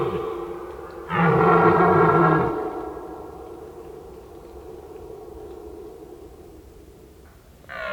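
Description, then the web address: Red deer roaring with one loud, rough bellow lasting over a second, trailing into a fainter moaning tone, and a new roar just beginning at the end. Red deer stag calling during the rut. "rotwild rothirschbrunft"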